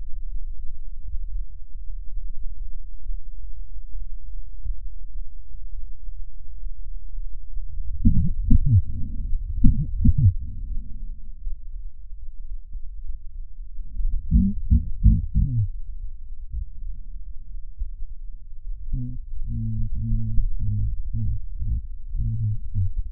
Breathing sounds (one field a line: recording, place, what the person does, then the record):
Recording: lung sounds by stethoscope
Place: left posterior basal chest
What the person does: quiet breathing, then cough and speech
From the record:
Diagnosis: none (healthy)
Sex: male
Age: 30 years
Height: 190 cm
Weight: 88 kg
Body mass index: 24.4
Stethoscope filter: bell mode